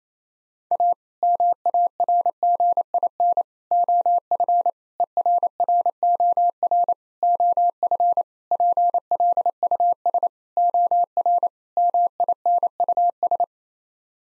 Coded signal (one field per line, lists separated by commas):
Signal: Morse code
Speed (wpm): 28 wpm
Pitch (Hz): 700 Hz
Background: none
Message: A MARGIN OF ERROR OF PLUS OR MINUS